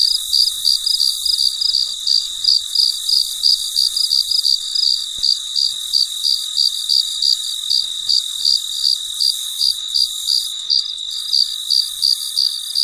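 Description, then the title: Cricket giving a run of high repeated chirps, close to three each second, with continuous high-pitched buzzing behind. Recorded late at night; very quiet. "深夜录制蟋蟀昆虫声"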